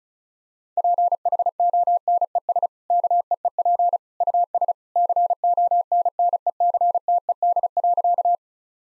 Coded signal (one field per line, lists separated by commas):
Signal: Morse code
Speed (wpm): 36 wpm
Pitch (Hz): 700 Hz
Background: none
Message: PHONES KEEP US CONNECTED.